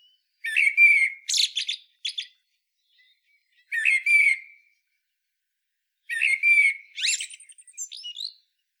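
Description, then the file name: Common blackbird scratchy chattering calls in three separate bursts a few seconds apart, each rough and clipped, the last trailing into a fast stuttering twitter. "Turdus merula"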